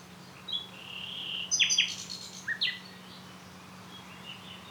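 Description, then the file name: Common nightingale song: a soft whistle, then a drawn-out tone followed by several sharp, steeply falling whip-like notes. "Luscinia megarhynchos"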